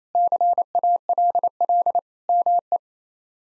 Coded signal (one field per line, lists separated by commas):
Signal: Morse code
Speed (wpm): 28 wpm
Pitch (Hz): 700 Hz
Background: none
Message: CALL ME